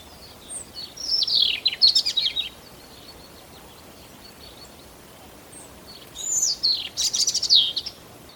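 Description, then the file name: European robin song, two high twittering phrases of rapid descending trills and thin whistles, separated by a few seconds of quiet. "Erithacus rubecula"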